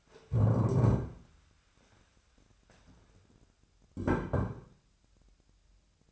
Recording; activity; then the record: daily activity, microphone in the room; stand up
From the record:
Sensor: 2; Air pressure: 1015.1 hPa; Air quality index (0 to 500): 162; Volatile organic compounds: 8 ppm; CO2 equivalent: 2104 ppm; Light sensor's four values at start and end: 12/34/13/14 and 12/33/13/14